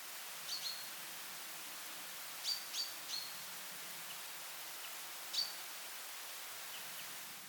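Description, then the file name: Common chaffinch calls: brief, sharp, high-pitched notes given singly or in quick groups of two or three, about every two to three seconds, over a steady soft hiss. "Fringilla coelebs"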